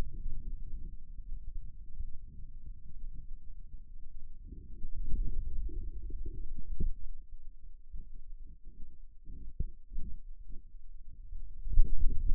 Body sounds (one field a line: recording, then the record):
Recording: forearm muscle sounds (acoustic myography)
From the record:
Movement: inward rotation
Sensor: system 2, bracelet of six BSWA MPA416 microphones around the upper forearm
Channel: 2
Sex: male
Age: 22 years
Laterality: right